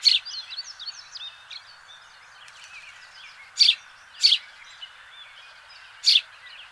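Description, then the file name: House sparrow calls: a quick chirp at the start, then three loud, rasping chirps spaced unevenly, with busy twittering in the background. "Passer domesticus"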